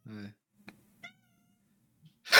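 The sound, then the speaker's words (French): A cat at a door, wanting to go outside, gives one short, clear meow, followed by a couple of brief faint chirping sounds and quiet stretches, before a sudden loud rush of noise cuts in at the end. “Et là, il miaule. Tu l'entends ? Oui, on l'entend, ouais.”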